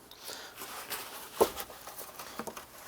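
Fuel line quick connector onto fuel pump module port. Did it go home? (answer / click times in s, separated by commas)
no / none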